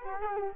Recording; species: mosquito wingbeat signal from an infrared sensor; Culex quinquefasciatus